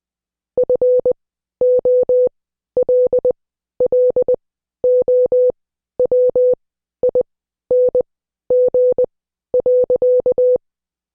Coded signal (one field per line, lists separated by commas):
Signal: Morse code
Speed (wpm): 20 wpm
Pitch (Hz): 500 Hz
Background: none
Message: FOLLOWING.